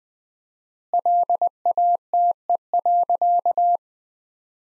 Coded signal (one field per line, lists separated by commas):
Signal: Morse code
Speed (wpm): 20 wpm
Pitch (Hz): 700 Hz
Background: none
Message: LATE.